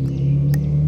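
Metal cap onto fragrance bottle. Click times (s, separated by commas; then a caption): 0.5 s. A heavy metal cap is pushed onto a Lattafa Pride Collection Al Qiam Silver EDP perfume bottle, a clone of Bvlgari Tygar. Over a steady low hum, a single sharp click sounds at 0.5 s as the cap snaps into place. The cap is confirmed seated.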